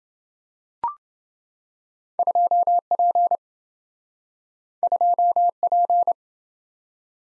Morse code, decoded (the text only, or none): 2P 2P